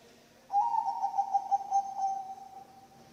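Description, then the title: Zebra dove coo, a brisk trilled phrase on an even note, throbbing in loudness and trailing away over about two and a half seconds. Bangkok-type zebra dove (perkutut bangkok) song, intended as masteran training audio for other birds and as a lure (pancingan). "mster Mnuk. SUARA OCEHAN BURUNG PERKUTUT BANGKOK Untuk MASTERAN dan PANCINGAN"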